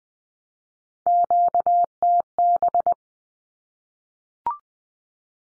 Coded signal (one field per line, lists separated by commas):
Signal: Morse code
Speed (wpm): 20 wpm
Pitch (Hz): 700 Hz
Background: none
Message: QTB